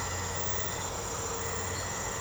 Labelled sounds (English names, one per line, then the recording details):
none
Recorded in secondary vegetation near Puerto Asís, Putumayo, Colombia, on 19 March 2025 at 01:30
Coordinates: 0.468, -76.324
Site G059